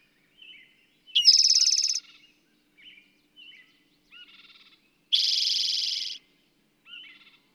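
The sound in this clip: Bird song: two loud, high buzzy trills about four seconds apart, each around a second long, with soft short chirps and twitters scattered between them.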